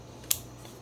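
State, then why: Seated. An FDn lens is lined up red dot to red dot on a Canon AE-1 Program 35mm SLR body and turned in its bayonet mount until it clicks. A single sharp, bright click is heard at 0.3 s against quiet background noise, and the lens is seated and locked on the camera.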